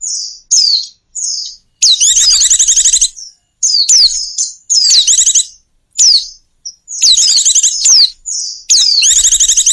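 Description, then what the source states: Bird calls: high, thin whistled downslurs alternate with dense, harsh chattering bursts, separated by short silences. Compiled lure calls used to attract stubborn, hard-to-approach birds.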